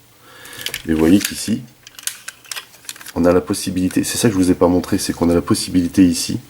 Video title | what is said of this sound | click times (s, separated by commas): French Reviews : M.A.S.K Razorback | On va rentrer également cette partie-là jusqu'à entendre le tout petit clips. | 0.7 s